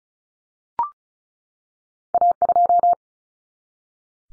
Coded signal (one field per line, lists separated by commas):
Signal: Morse code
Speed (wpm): 34 wpm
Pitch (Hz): 700 Hz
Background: none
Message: A2